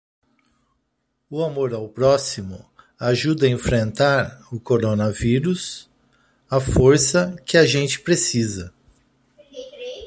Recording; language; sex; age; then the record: spoken sentence; Brazilian Portuguese; male; 50 to 59 years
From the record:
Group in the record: control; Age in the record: 51 years